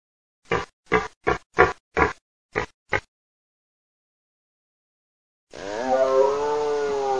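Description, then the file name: Deer calls: seven short, harsh grunting barks in a quick irregular series, then after a pause a long, drawn-out, wavering moaning bellow. "cervotraccia"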